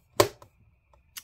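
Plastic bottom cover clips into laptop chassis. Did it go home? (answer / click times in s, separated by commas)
yes / 0.2 s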